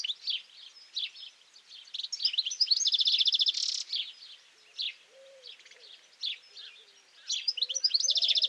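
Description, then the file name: European goldfinch song: fast liquid twittering with a loud buzzy trill midway, plus faint low, soft tones in the background. "Carduelis carduelis"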